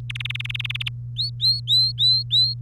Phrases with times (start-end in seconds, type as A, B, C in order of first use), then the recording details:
0.10-0.89 A, 1.16-2.54 B. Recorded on 3 May 2018 at 12:57. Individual llb3